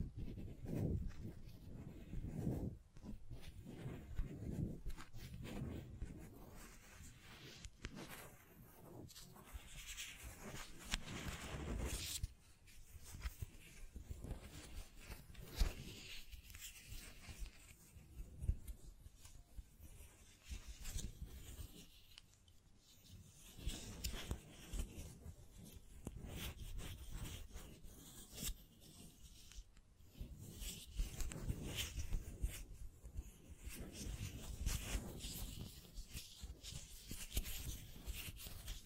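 Scratching, tracing and tapping on a surface, with dry rubbing and rasping strokes that come in irregular bursts throughout. Low thumps and taps mark the busier stretches, especially near the start and around 10, 18 and 30 seconds, between quieter gaps.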